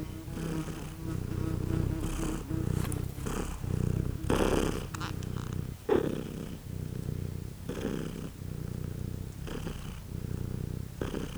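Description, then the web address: Cat purring, a low rumbling throb rising and falling in steady pulses throughout, with brief broader rustling bursts mixed in. Domestic cat purring and meowing in a farmyard with a fly present, recorded at Görestanya. "allathangok parasztudvar macska doromboloesnyavogomacska leggyel gorestanya"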